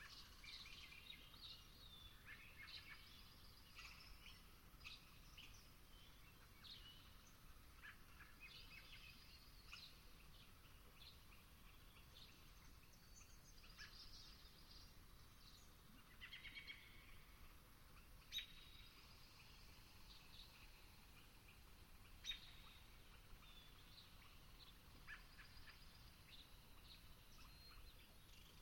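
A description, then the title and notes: Dawn at a swamp, with many birds chirping and calling at once in a dense, overlapping chorus that runs the whole time. Sharp, bright calls stand out briefly near 18 and 22 seconds over a steady low rumble of background noise. Long Swamp, Dawn. I've fallen in love with the mountains of the Okanogan.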